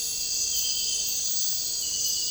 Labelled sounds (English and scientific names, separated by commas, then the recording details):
none
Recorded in dense forest near Puerto Asís, Putumayo, Colombia, on 9 March 2025 at 02:00
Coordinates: 0.467, -76.328
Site G041